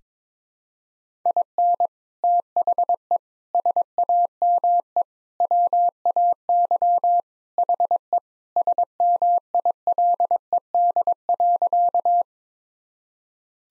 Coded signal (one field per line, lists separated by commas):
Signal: Morse code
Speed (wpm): 21 wpm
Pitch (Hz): 700 Hz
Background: none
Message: IN THE SAME WAY HE SMILED.